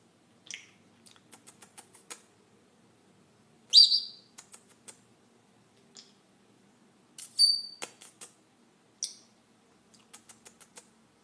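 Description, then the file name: Senegal parrot calls: short high whistles and louder squeaky notes amid scattered clicks. "Canto do papagaio do senegal"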